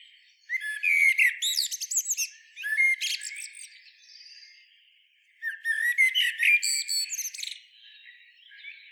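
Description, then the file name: Common blackbird with three strong phrases of fast chattering and whistled notes, a quiet pause in the middle, and a faint note at the close. "Turdus merula"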